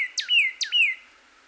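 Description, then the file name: Northern cardinal song: two clear slurred whistles, each a sharp downward sweep followed by a longer falling tone. Recorded 26 April 2019. "2019-04-26 Cardinal"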